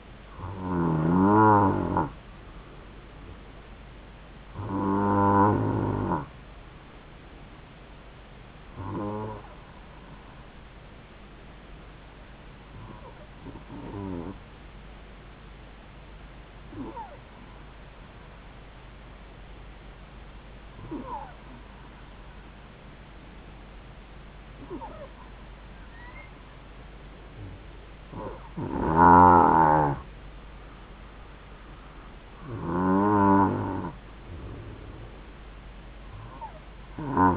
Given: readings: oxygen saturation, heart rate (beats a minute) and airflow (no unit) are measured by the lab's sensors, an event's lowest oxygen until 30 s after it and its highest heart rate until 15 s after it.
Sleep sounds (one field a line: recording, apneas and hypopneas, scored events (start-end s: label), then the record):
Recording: breathing in sleep by a voice recorder at the bedside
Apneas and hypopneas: 1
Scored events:
10.00-28.40 s: hypopnea (N2, oxygen 94% highest, then 91% lowest, heart rate 68 at the start, 72 highest)
From the record:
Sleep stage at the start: N2 (light sleep)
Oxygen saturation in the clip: 90 to 94%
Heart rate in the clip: 66 to 73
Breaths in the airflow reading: 9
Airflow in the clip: -4.5 to 4.0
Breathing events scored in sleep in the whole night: 270 in 6.1 hours asleep